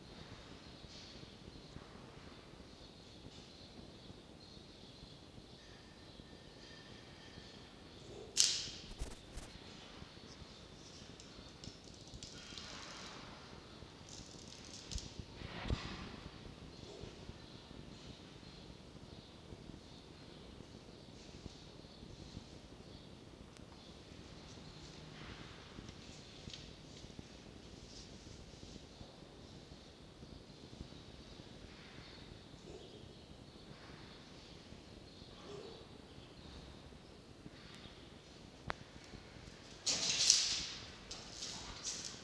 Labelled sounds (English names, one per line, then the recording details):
Red Fox
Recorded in captivity
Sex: male
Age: adult
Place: Zoologisches Institut der HUB, Berlin, DE
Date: 1952-11-20 12:58
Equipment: Elmetra
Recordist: Tembrock, Günter
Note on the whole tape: Castors Rückkehr ins Fuchszimmer. Jupp (3): geschlossenes Bellen (oder Knurrbellen)